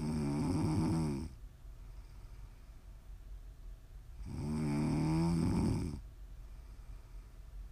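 Two loud, low, rattling snores from an adult sleeper, about four seconds apart, with quiet breathing between them: ordinary snoring, shared as ASMR for relaxing and sleep.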